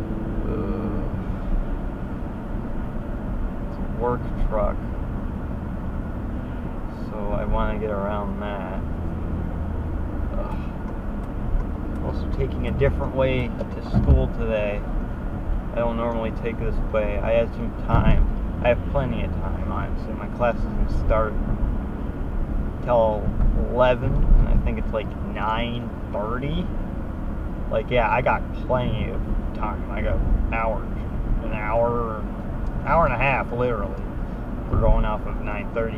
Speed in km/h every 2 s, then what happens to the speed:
74, 72, 69, 66, 68, 69, 72, 72, 71, 69, 69, 69, 69, 69, 69, 69, 71, 71.
0-5 slows to 66. 5-36 steady at about 69.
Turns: none.